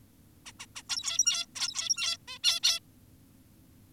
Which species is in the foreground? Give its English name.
Zebra Finch